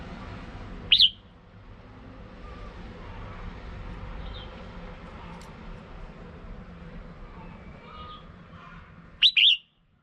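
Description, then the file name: Red-whiskered bulbul calls: a single bright whistle early on, a long gap of low background noise, then a doubled whistled note near the end. Female bird. "Tieng chao mao mai"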